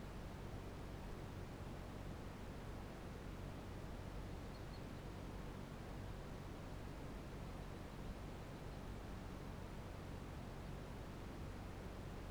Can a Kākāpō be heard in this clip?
no